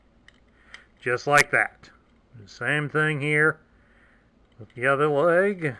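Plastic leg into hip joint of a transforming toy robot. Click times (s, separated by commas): 0.7 s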